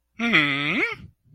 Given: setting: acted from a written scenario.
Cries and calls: vocal sound without words; interest

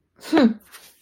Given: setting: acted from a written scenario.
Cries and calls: vocal sound without words; contempt

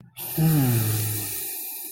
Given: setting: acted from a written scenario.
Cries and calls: vocal sound without words; serenity

